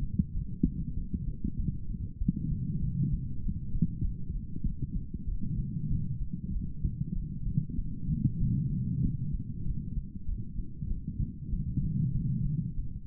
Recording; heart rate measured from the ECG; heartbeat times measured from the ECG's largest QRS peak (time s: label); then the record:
heart sounds by stethoscope; 97 bpm
0.33 s: heartbeat
0.95 s: heartbeat
1.57 s: heartbeat
2.19 s: heartbeat
2.81 s: heartbeat
3.42 s: heartbeat
4.03 s: heartbeat
4.64 s: heartbeat
5.26 s: heartbeat
5.89 s: heartbeat
6.51 s: heartbeat
7.14 s: heartbeat
7.76 s: heartbeat
8.39 s: heartbeat
9.02 s: heartbeat
9.65 s: heartbeat
10.27 s: heartbeat
10.89 s: heartbeat
11.51 s: heartbeat
12.13 s: heartbeat
12.75 s: heartbeat
From the record:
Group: healthy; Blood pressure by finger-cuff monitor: 118/72 mmHg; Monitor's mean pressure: 88 mmHg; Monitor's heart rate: 96 bpm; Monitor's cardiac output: 6.1 L/min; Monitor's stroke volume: 64 mL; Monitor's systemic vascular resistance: 1060 dyn s/cm5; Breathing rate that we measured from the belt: 19 breaths a minute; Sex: female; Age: 51 years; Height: 162 cm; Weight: 70.04 kg